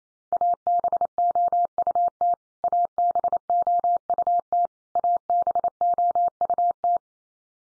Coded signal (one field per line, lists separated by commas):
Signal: Morse code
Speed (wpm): 28 wpm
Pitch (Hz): 700 Hz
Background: none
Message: ABOUT ABOUT ABOUT